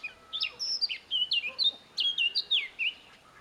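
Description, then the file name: Eurasian blackcap singing a rich, fast warble of clear fluted whistles that slide up and down in quick succession. "Sylvia atricapilla"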